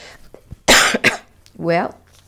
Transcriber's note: coughs